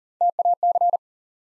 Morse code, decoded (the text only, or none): TAC